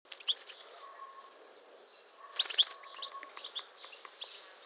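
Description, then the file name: European goldfinch calls: short twittering chirps in two bursts, near the start and midway, with a faint low whistle-like tone at times. "Carduelis carduelis"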